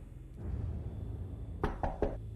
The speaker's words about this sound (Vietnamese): Sau ba tiếng động gõ cửa phát ra, thì trong đó có một giọng nói vang lên.